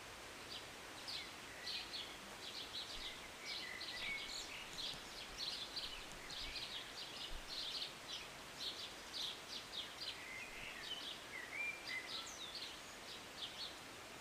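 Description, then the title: Birds singing and chirping, dense high twitters with a few sliding whistled phrases, set against constant hiss. Birds singing and chirping, recorded from a city balcony on a Sunday morning during a short rain. "Rainy Morning with Birds Chirping"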